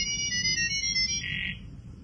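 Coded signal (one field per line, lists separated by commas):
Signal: data over sound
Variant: ggwave (GibberLink)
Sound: rapid chirpy chords of high beeping tones, ending in a short buzzy multitone burst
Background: low background hum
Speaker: E é isso que acontece. Olha só, eles passam a conversar utilizando o processo de comunicação data oversund ou data oversound dados sobre som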